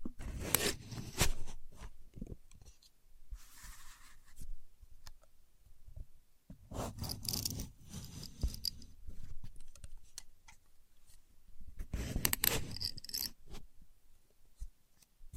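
A contour gauge being used, with bursts of clicking, rattling and scraping as its pins are pressed and slid. The busiest bursts come near the start, around seven to eight seconds and again at twelve to thirteen seconds, with quiet pauses and small taps between.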